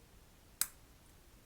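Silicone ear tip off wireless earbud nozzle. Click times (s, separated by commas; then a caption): 0.6 s. A silicone ear tip is gripped and pulled off the nozzle of an AirPods Pro 3 wireless earbud, giving a single sharp, bright snap at 0.6 s. The snap decays quickly into near silence, and the ear tip comes free of the earbud.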